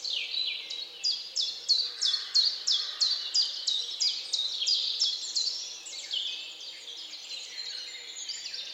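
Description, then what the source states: Birds sing fast, evenly spaced, high descending chirps for several seconds, then softer, tumbling warbles as the series fades. At dawn.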